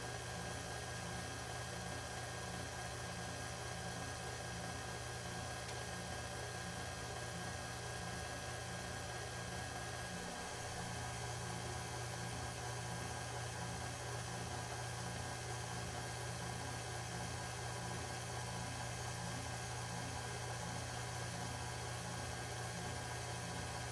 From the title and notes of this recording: Kitchen Blender. Sounds of a blender in the kitchen as it steadily stirs around cake batter mix. The white noise of this constant hum of the machine.